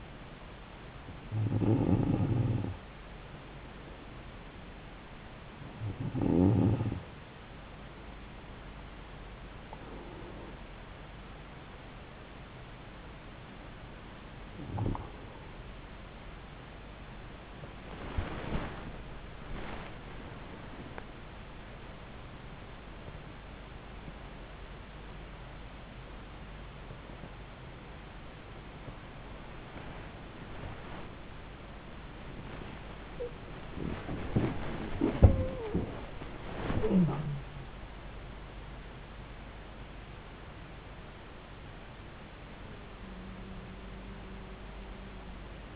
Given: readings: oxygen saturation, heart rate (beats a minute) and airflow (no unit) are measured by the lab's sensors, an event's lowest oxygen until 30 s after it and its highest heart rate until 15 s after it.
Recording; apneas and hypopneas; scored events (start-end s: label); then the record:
breathing in sleep by a voice recorder at the bedside; 1
10.00-27.60 s: hypopnea (N2, oxygen 95% highest, then 94% lowest)
25.00-45.76 s: new sleep stage, N1 (lightest sleep)
From the record:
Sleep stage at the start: N2 (light sleep); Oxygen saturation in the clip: 94 to 97%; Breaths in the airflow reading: 8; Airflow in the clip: -8.2 to 9.4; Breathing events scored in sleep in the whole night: 270 in 6.1 hours asleep